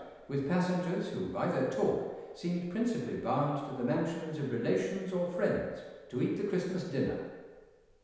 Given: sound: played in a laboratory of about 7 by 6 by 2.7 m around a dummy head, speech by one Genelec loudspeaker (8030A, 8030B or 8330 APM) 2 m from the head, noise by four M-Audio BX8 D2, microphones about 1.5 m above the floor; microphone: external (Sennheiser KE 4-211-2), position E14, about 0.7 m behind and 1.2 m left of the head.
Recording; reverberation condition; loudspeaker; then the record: male speech in English; high; 60 degrees to the left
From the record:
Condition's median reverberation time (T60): about 1300 ms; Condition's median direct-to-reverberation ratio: about -4.0 dB